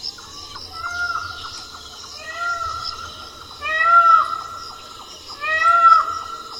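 Indian peafowl giving loud, nasal, arched wailing calls, fainter ones early on, then two strong ones about two seconds apart, over a steady high drone.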